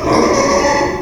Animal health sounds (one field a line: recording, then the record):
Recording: squeal of a Yucatan mini pig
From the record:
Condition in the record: before surgery on the right vocal fold (resection and tissue-engineered implant)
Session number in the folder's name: 1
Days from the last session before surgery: -3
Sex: male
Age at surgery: 12 weeks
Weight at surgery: 13 kg